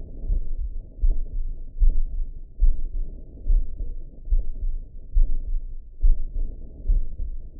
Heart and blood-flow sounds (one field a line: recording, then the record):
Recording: heart sounds by optical stethoscope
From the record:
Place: mitral valve (MV)